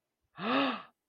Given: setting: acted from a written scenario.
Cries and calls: vocal sound without words; fear

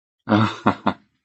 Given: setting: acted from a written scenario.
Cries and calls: vocal sound without words; amusement

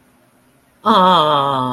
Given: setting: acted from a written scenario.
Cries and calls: vocal sound without words; adoration

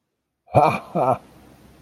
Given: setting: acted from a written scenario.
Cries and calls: vocal sound without words; amusement

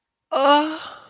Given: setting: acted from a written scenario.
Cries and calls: vocal sound without words; ecstasy

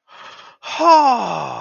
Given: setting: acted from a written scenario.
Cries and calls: vocal sound without words; realization

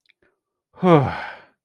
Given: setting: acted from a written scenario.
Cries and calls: vocal sound without words; relief

